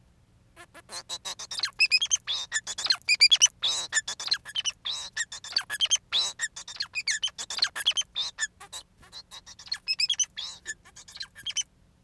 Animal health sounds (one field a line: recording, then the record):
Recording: song of a male Bengalese finch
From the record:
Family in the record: son of father 4